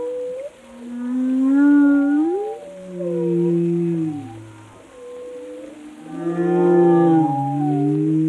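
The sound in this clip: Whale vocalizations: long tonal moans and rising, wavering whistles with rich harmonics, some sliding down low, in two loud bursts with quieter calls between.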